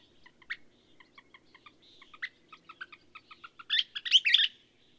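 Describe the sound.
Bird singing a run of quiet clicking notes with a couple of louder chips, ending in a loud, scratchy, tumbling flourish.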